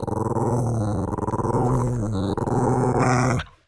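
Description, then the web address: Chihuahua growling heavily, a continuous low rumbling growl lasting over three seconds before stopping abruptly. Heavy growl. "soundpool geraeusche natur-tiere hunde"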